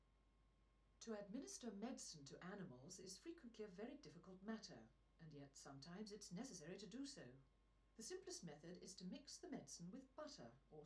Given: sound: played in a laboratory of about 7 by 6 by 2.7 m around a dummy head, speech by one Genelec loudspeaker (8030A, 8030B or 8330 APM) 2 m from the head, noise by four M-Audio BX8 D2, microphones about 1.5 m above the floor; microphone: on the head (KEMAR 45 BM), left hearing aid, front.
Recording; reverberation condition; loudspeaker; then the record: female speech in English; low; behind (180 degrees)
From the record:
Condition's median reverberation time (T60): about 310 ms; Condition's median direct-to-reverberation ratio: about 3.5 dB